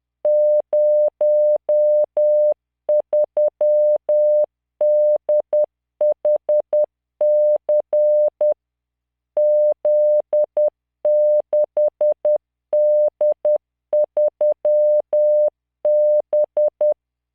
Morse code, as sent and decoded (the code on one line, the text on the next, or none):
----- ...-- -.. .... -.-. / --.. -.... -.. ...-- -...
03DHC Z6D3B